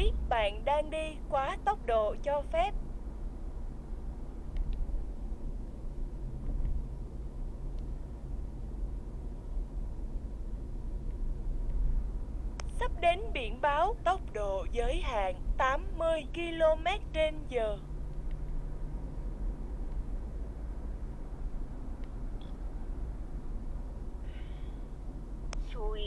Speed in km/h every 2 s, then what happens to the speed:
64, 64, 64, 64, 62, 62, 61, 59, 57, 60, 60, 59, 56.
0-26 steady at about 61.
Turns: none.